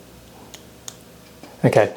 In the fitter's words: and now it's clicked into place so that's how it looks on its own